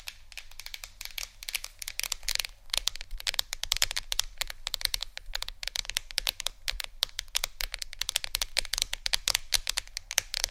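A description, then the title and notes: Fingertips tap rapidly on a phone or tablet screen. The taps come as dense, irregular clicks, sharp and bright, sometimes crackling like crinkled material. They run without pause from start to finish over a faint low hum. ASMR Phonetablet Tapping（No Talking）.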